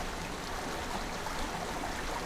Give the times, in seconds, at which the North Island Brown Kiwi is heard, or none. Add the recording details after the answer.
none. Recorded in New Zealand on 13 December 2015. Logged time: 21:44. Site CL72